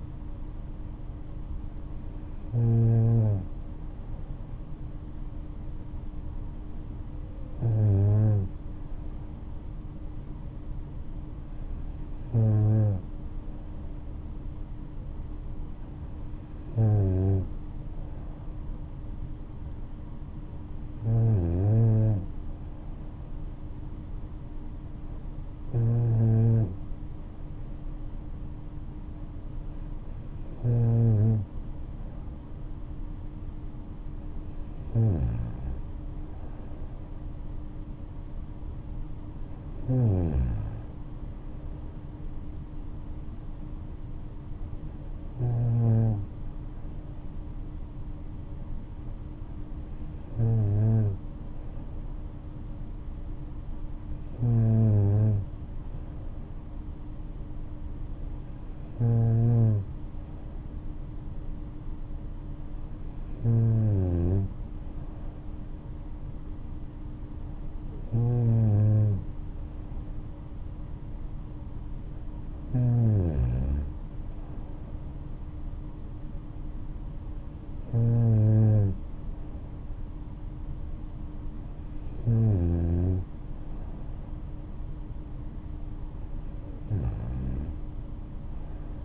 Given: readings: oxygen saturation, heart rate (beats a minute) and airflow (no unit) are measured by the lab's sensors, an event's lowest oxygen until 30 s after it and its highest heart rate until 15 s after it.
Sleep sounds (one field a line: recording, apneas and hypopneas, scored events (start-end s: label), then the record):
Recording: breathing in sleep by a smartphone at the bedside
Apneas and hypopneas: 1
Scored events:
25.00-55.00 s: new sleep stage, N3 (deep sleep)
51.00-73.20 s: hypopnea (N3, oxygen 95% highest, then 94% lowest, heart rate 60 at the start, 72 highest)
55.00-85.00 s: new sleep stage, N2 (light sleep)
85.00-89.05 s: new sleep stage, N3 (deep sleep)
From the record:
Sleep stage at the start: N2 (light sleep)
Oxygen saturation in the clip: 94 to 95%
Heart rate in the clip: 60 to 73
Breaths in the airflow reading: 19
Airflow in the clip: -6.4 to 7.4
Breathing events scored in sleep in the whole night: 228 in 5.4 hours asleep